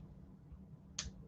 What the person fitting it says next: And I can hear the snap.